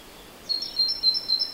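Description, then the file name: Great tit calling briefly with a quick see-sawing series of high and slightly lower notes, repeated several times in just over a second. "Parus major"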